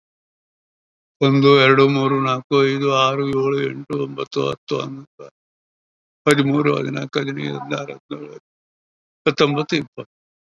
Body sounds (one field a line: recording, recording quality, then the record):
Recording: counting at a normal pace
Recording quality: excellent, no background noise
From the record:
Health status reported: COVID-19 positive, mild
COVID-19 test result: positive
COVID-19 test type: RT-PCR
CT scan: taken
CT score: 2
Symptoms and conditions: cough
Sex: male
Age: 60 years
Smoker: no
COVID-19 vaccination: both doses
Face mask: worn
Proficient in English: no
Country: India